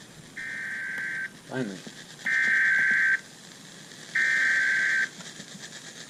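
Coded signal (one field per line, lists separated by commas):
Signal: Emergency Alert System (SAME) tones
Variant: header bursts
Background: speech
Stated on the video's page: Severe thunderstorm warning alert heard on weather radio station WWH23 and on station WJSP.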